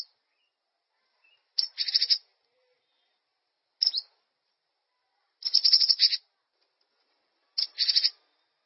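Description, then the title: Bird song in short, buzzy, rattling phrases of high chirps, repeated about every two seconds with silence between them. "LuckyPassaro Completos2Sama"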